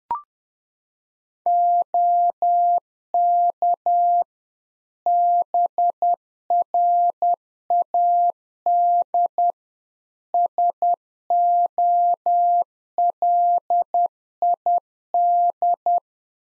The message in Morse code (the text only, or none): OK BRAD SOLID